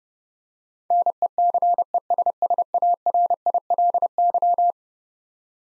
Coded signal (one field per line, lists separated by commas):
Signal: Morse code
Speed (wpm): 31 wpm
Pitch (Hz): 700 Hz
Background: none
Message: NECESSARILY